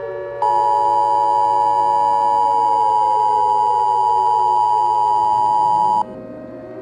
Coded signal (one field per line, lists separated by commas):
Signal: Emergency Alert System (SAME) tones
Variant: 853 and 960 Hz attention tone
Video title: Amee reacts to my boyfriend Slick Eddie Mr Meat Eas Scenario Christmas special